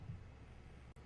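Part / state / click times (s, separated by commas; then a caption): end stop switch into printer axis bracket / not seated / none. A plastic end stop switch mount is handled against the carriage axis bracket of a 3D printer, where two side clips will hold it in a friction fit so it is positioned to be triggered when the carriage moves to the left-hand side. A steady low rumble and broadband noise fill the clip, with a brief drop in level near 0.95 s. The end stop has not seated or clicked into the bracket yet.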